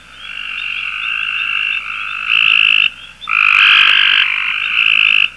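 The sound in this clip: Cope's gray treefrog trills, harsh buzzy pulsed notes in two pitch bands, overlapping callers, with a long steady trill, a brief pause, then louder trills.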